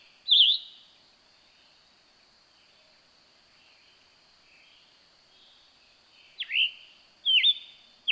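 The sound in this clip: Scarlet tanager singing a few burry, slurred phrases, one near the start and three close together at the end, separated by several seconds of quiet.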